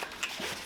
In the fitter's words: just like before was putting it on to buy yourself room go around D seat you'll even hear it pop off